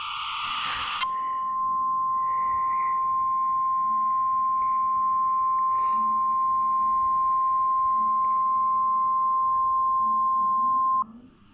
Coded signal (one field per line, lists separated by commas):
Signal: Emergency Alert System (SAME) tones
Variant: 1050 Hz attention tone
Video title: eas:tornado warning